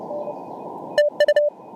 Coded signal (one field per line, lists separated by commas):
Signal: Morse code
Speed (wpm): 28 wpm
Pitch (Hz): 590 Hz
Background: none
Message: N TU